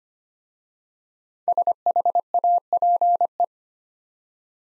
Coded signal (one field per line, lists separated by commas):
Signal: Morse code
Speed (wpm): 25 wpm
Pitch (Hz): 700 Hz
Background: none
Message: SHAPE